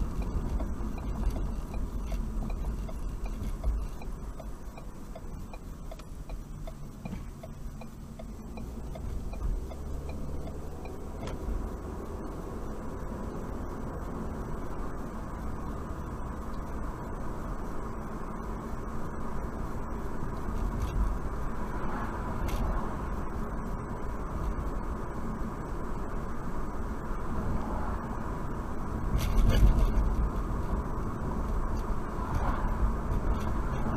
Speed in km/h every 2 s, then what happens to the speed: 48, 42, 34, 27, 27, 40, 48, 53, 58, 60, 61, 61, 63, 63, 63, 63, 64.
0-6 brakes to 27. 8-17 speeds up to 60. 17-34 steady at about 63.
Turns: 5-9.